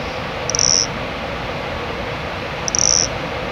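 Nesobia mjobergi cricket chirping: two short, high, pure-toned chirps about two seconds apart over a steady hiss of background noise.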